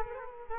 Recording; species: mosquito wingbeat signal from an infrared sensor; Culex quinquefasciatus